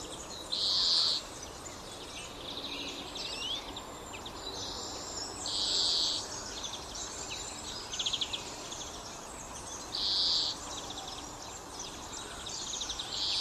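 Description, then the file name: European greenfinch calls: a few short, buzzy, level notes repeated irregularly, over steady background noise with faint chirps. "Chloris chloris"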